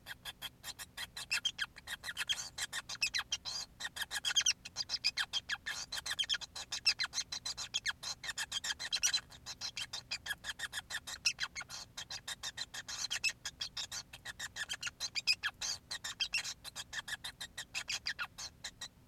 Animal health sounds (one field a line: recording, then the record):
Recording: song of a male Bengalese finch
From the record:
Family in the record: son of father 5